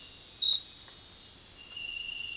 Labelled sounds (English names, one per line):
none